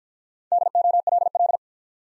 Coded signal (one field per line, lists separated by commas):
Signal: Morse code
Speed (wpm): 50 wpm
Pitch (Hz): 700 Hz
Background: none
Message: DOLL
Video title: Easy Words - Speed-Racing with Hints - 40wpm